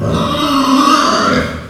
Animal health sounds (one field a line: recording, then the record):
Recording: squeal of a Yucatan mini pig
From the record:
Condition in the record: after surgery on the right vocal fold (resection and tissue-engineered implant)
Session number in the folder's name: 13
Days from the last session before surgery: 113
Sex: female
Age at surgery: 19 weeks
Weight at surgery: 25 kg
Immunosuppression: prednisolone